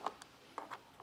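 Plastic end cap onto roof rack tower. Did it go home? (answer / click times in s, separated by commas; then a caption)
no / none. A plastic end cap is handled on the tower of a Yakima RidgeLine roof rack for flush rails on a 2021 Chevrolet Trailblazer, lined up to be pushed down. A few short, sharp ticks and taps are heard, loudest near 0.1, 0.6 and 0.7 seconds, but the clip ends before the cap is pushed home. Nothing has seated or clicked yet.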